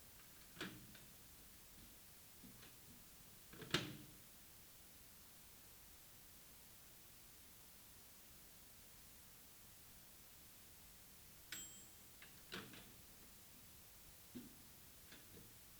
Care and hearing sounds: daily activity, guitar pickup as the sensor; use microwave

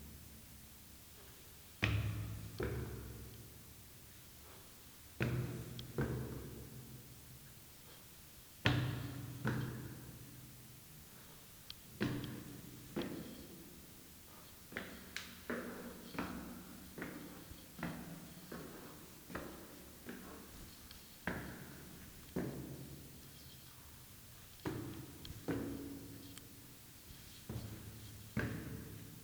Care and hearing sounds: daily activity, guitar pickup as the sensor; go upstairs

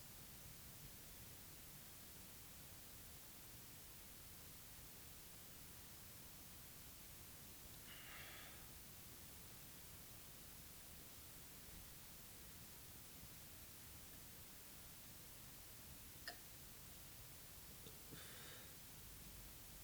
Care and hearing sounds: daily activity, guitar pickup as the sensor; drink water

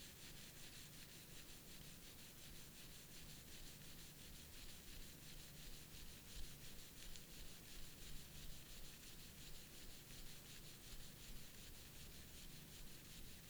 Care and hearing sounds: daily activity, guitar pickup as the sensor; brush teeth

